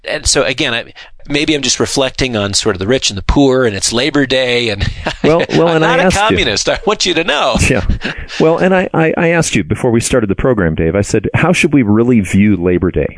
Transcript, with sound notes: So again, maybe I’m just reflecting on the rich and the poor, and it’s Labor Day – (laughs) I’m not a communist, I want you to know.
I asked you before we started the program, Dave, how should we really view Labor Day?